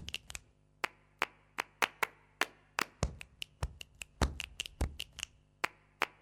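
A song intro of sharp, crisp hand claps, around twenty in quick, slightly uneven rhythm with some doubled beats, over a faint low sustained hum; no voices.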